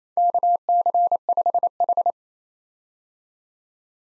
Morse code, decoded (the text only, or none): KC5H